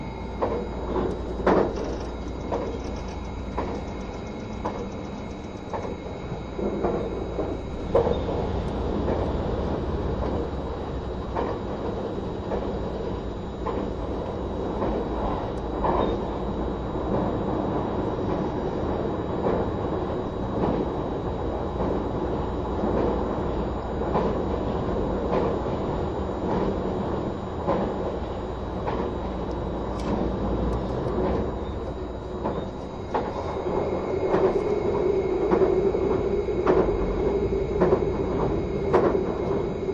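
Running noise of a train in motion: a steady, dense rumble with a strong low drone that holds for the full forty seconds. Frequent small clicks and knocks from the wheels and cars scatter throughout, and the sound grows slightly louder after about thirty-three seconds.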